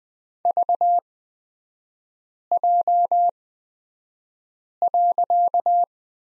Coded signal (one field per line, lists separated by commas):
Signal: Morse code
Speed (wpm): 20 wpm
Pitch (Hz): 700 Hz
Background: none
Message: VJ.